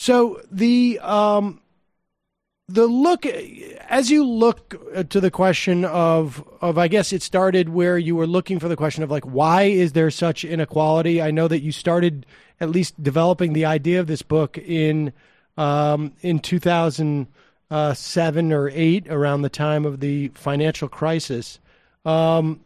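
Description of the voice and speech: Adult male radio host speaking with a stutter, now milder than in earlier years, at a deliberately slowed pace. His speech has a repeated 'the the', drawn-out fillers, pauses and broken restarts as he frames a question.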